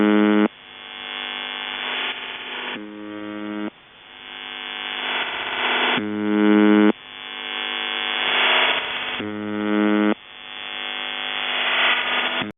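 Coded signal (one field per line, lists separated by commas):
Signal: channel marker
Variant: UVB-76, CIS-12 modem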